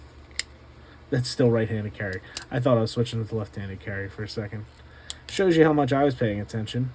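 The pocket clip of an SRM 9203-MG2 folding knife is forced past the narrow part of its mounting hole in the handle, bending as it goes, and snaps into place with a sharp, short click at 0.4 s. The clip is seated, still in the right-handed carry position. Someone then talks.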